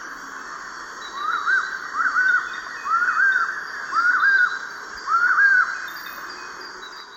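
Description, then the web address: Collared puffbird song, five double-humped arched notes at about one per second, clear over a steady background hiss. Eastern lowlands of South America. "Natures Songs S America Eastern Lowlands. Collared Puffbird"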